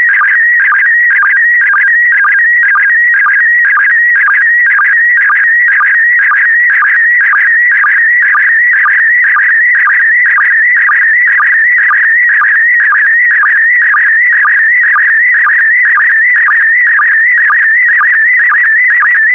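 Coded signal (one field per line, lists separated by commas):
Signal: SSTV (slow-scan television)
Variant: PD120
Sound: warbling, chirping tone shifting in pitch, with a steady ticking sync about twice a second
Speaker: Get ready. Starting transmission in 5, 4, 3, 2, 1. Transmission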